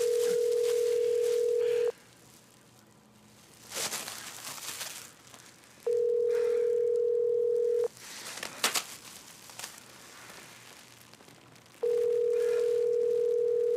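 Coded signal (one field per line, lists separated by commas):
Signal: telephone call progress tone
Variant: North America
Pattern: ringback tone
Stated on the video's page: Horror short film in which a man calls a suicide prevention hotline.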